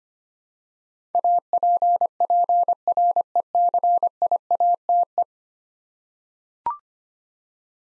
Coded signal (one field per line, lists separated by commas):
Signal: Morse code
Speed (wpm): 25 wpm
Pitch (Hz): 700 Hz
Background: none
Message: APPRECIATE